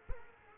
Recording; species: mosquito wingbeat signal from an infrared sensor; Culex quinquefasciatus